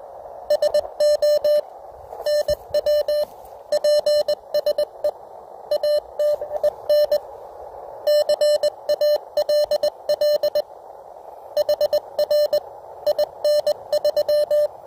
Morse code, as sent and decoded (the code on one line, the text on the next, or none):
... --- / -. .-- / .--. ... . / .- - . -. / -.-. .- .-.. .-.. / .... .-. / .. -. ...--
SO NW PSE ATEN CALL HR IN3